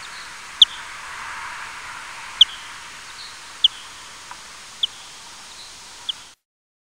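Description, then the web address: Bat calls: sharp high clicks with short tonal tails, spaced irregularly about a second apart, over a steady soft hiss. "Fledermaus"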